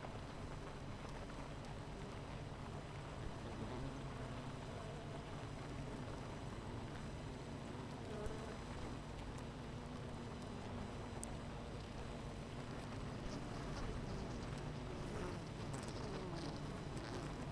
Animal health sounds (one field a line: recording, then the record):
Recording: honeybee colony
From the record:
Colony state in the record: missing queen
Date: 14 July 2017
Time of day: 8:56